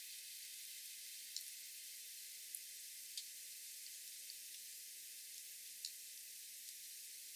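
Sperm whale slow clicks, several sharp isolated clicks spaced irregularly over a steady high hiss.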